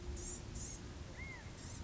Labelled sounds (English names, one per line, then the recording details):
Blue-gray Gnatcatcher
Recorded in Sonoma County, California